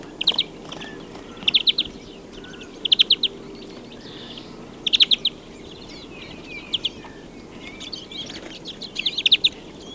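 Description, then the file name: European greenfinch giving quick chattering twitters, clipped bursts of three to five notes repeated every couple of seconds over a low steady hiss. "Chloris chloris"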